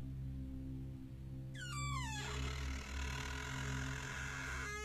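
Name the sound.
door slowly opening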